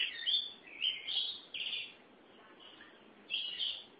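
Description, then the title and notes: Oriental magpie-robin song: a few bright whistled phrases with slurred notes, bursts separated by short pauses and a quieter gap midway. Kacer song. "Suara Kicauan Burung Kacer Durasi Panjang. Suara kicauan burung kacer format mp3 durasi panjang"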